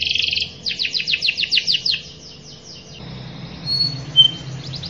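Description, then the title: Canary song: a fast trill, then a run of downsweeping notes, fading into a quieter stretch with a few faint high notes. Canary in long, lively continuous singing ('gacor panjang'), performing a fancy ('mewah') cengkok song-phrasing style. "Cengkok Kenari Mewah. Kenari gacor panjang"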